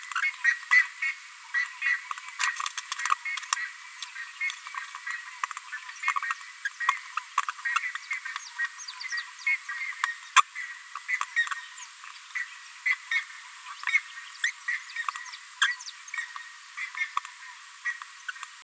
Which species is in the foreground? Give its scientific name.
Forpus passerinus